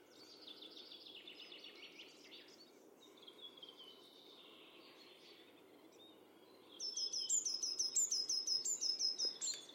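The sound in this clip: Bird calls amid softer chirping and twittering, then breaks into a loud fast run of high, clipped repeated notes near the end.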